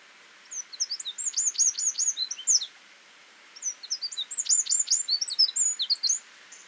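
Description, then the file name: Eurasian wren song: two bursts of rapid, high chipping notes separated by a short silence. "Troglodytes troglodytes"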